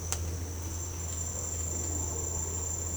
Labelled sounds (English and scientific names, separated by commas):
none